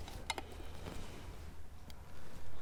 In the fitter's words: and then on this part we want to press down until it locks onto the ball so here click like that